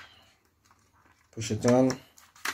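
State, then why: Not seated. A 9 V battery is handled as it is pushed onto the snap connector inside a smoke alarm, with faint rustling handling noises and someone talking. The clip ends before the battery goes home, and nothing has seated or clicked yet.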